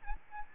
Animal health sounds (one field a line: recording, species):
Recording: mosquito wingbeat signal from an infrared sensor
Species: Aedes albopictus